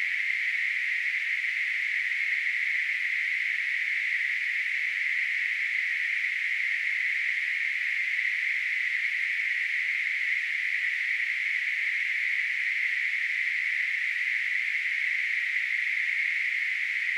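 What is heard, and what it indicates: Steady, unbroken hissing noise band centred around 2 kHz, simulating what a person with tinnitus hears.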